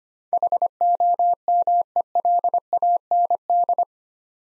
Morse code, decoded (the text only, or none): HOMELAND